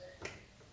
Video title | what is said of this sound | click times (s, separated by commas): How to Replace Engine Air Filters on a Porsche Cayman - 2014 Cayman S Air Filter Removal | push it up until it clicks that's on there nicely | 0.2 s